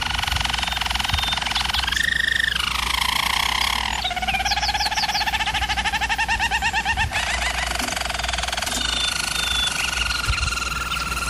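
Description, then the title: German Roller canary song: continuous rolling trills in shifting tours, with a pulsed stretch midway and a smoother closing roll, over a constant low hum. German Roller canary singing, for canary training. "German Roller Canary Singing - Canary Training Vid"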